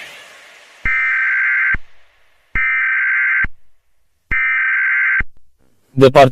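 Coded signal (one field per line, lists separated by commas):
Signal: Emergency Alert System (SAME) tones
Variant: header bursts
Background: speech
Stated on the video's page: Fake compilation of European emergency alarm tones, reuploaded.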